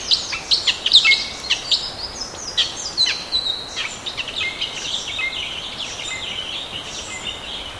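Bird chirps, a busy run of short high notes and quick downslurred twitters, loudest early and fading a little toward the end, over steady hiss.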